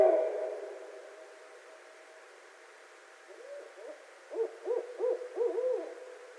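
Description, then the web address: Barred owl hoots: after a fading note and a quiet spell, a quick run of short, low, bouncing notes. Recorded on 12 February 2012. "Barred Owl 2012 02 12 Barred Owl"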